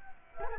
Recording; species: mosquito wingbeat signal from an infrared sensor; Culex quinquefasciatus